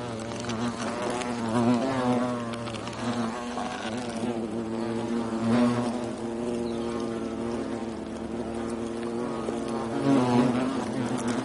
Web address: european hornet